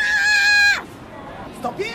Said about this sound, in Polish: Stoimy tuż obok eksponatu i nie słyszymy tego krzyku, prawda? Oni krzyczą? Krzyczą bardzo głośno, do 101 decybeli. Nie słychać, ale jak wejdziemy tam z mikrofonem, to usłyszymy to...